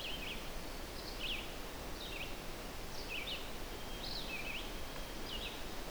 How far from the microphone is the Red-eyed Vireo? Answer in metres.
about 55 m